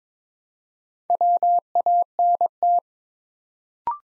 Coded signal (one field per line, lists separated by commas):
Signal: Morse code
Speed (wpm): 22 wpm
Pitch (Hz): 700 Hz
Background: none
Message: WANT